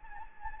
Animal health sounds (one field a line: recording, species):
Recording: mosquito wingbeat signal from an infrared sensor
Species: Anopheles gambiae